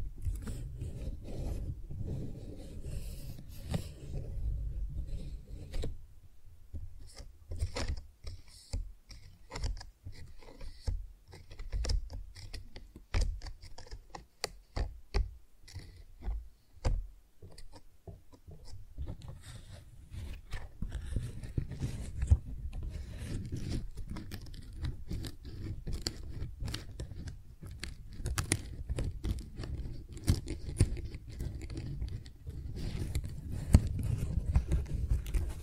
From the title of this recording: Tingly Flower Sounds